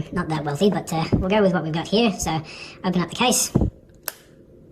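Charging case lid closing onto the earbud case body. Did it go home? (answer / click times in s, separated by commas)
yes / 4.1 s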